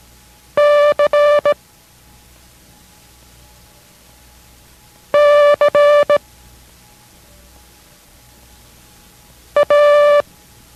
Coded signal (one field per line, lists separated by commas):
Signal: Morse code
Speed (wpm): 18 wpm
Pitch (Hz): 580 Hz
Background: none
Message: C C A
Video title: K6RAU Morse Code Courae - 03 / ARDC